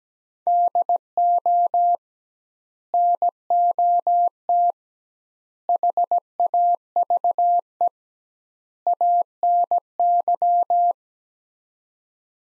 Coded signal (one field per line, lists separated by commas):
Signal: Morse code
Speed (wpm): 17 wpm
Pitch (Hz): 700 Hz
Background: none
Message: DO NOT HAVE ANY